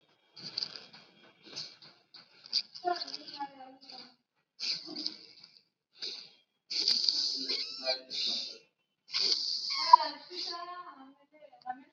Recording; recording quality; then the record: deep breathing; moderate, slight background noise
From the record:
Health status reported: COVID-19 positive, mild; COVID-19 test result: positive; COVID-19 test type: RT-PCR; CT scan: not taken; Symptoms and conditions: cough, fever, muscle pain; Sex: female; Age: 25 years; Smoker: no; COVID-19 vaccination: one dose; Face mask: worn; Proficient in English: yes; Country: India